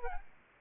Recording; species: mosquito wingbeat signal from an infrared sensor; Aedes albopictus